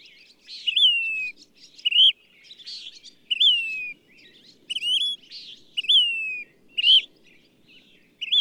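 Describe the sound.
Bird singing a series of bright downslurred whistles interleaved with harsh buzzy notes, over a soft low background hiss.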